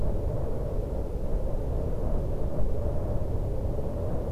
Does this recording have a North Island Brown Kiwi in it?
no